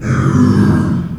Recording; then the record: squeal of a Yucatan mini pig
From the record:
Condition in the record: after surgery on the right vocal fold (resection and tissue-engineered implant); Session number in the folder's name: 12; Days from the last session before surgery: 105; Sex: female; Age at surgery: 19 weeks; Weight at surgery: 25 kg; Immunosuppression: prednisolone